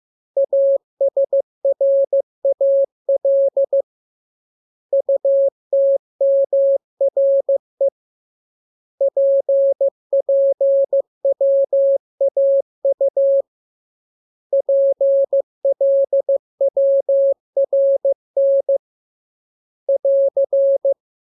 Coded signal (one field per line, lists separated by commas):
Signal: Morse code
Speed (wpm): 15 wpm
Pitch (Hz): 550 Hz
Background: none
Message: ASRAL UTMRE PPWAU PLWRN <AR>